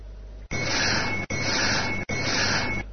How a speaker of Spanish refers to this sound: Una campanilla de fondo y una respiración. Una campanilla y una respiración. Muchas veces una psicofonía no obtiene por qué ser una frase, una palabra, una oración. A veces es solo un sonido.